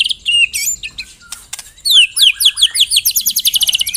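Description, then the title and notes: White-rumped shama song: scattered whistles and clicks, then a fast, accelerating series of sharp descending notes. Lure (pikat) song of white-rumped shama. "Pikat Murai Batu. Burung Murai Batu"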